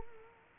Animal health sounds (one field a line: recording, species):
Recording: mosquito wingbeat signal from an infrared sensor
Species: Culex quinquefasciatus